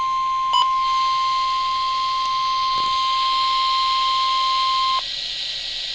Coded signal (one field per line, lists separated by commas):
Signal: Emergency Alert System (SAME) tones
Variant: 1050 Hz attention tone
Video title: Real EAS #313 - Severe Thunderstorm Warning